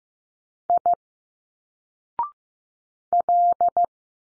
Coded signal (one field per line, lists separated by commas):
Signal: Morse code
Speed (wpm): 15 wpm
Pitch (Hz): 700 Hz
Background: none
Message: I L